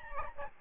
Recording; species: mosquito wingbeat signal from an infrared sensor; Aedes albopictus